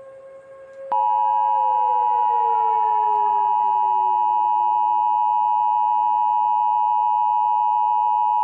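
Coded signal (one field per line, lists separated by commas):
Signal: Emergency Alert System (SAME) tones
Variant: 853 and 960 Hz attention tone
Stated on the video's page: Fictional audio drama; simulated alert within a radio station broadcast scenario.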